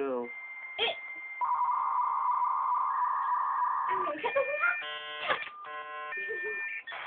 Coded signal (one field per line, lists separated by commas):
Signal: dial-up modem handshake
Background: speech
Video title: Dial-up On HP Laptop With Internal 56k Modem